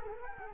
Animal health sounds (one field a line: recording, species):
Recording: mosquito wingbeat signal from an infrared sensor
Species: Culex quinquefasciatus